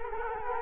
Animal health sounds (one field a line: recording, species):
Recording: mosquito wingbeat signal from an infrared sensor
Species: Culex quinquefasciatus